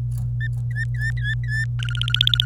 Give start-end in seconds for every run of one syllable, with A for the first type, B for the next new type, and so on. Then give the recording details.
0.40-1.65 A, 1.79-2.45 B. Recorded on 26 April 2018 at 12:23. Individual llb3